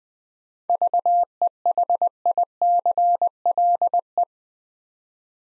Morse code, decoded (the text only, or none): VEHICLE